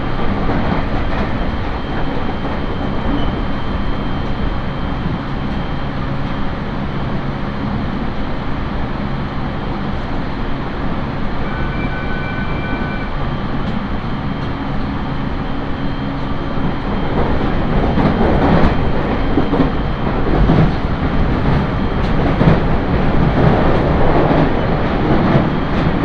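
Riding aboard a 701 series train on the Tohoku Main Line, a steady low rumble and rolling noise fills the whole clip. Two faint tones sound briefly around twelve seconds, and from about seventeen seconds the running grows rougher, with irregular clacks and knocks.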